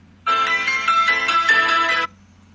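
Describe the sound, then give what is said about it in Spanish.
A bright electronic phone ringtone of an incoming call plays alone for about two seconds, a dense, buzzy melodic tone with rapid repeating pulses at steady loudness that cuts off abruptly. “Ahorita estoy atendiendo la llamada en WhatsApp, permítame a la gente que está llamando por teléfono.”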